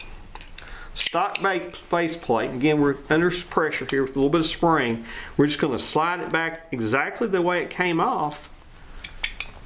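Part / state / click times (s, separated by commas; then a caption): magazine base plate onto pistol magazine body / seated / 9.2 s. Someone talks while sliding a stock base plate back onto an original Shield pistol magazine body against light spring pressure, then pushes it down. A few faint taps come first, and the base plate locks in place with a sharp click at 9.2 s, between softer clicks just before and after.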